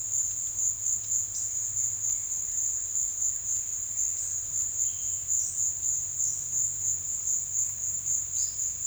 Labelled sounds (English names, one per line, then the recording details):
none
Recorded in secondary vegetation near Puerto Asís, Putumayo, Colombia, on 22 June 2025 at 14:30
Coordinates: 0.498, -76.327
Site GP09